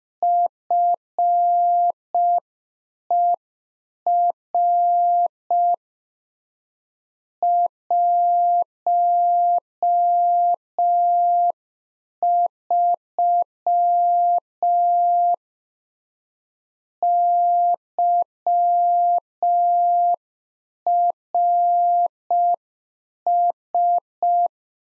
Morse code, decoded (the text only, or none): FER 13 YRS